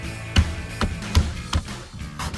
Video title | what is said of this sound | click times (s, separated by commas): 2016-2023 Tacoma RedRock Under Seat Lock Box Review & Install | You hear them all clicking? This is now nice and tight. | 0.4 s, 0.8 s, 1.1 s, 1.5 s